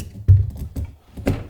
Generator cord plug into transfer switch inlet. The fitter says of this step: goes in, locks in place.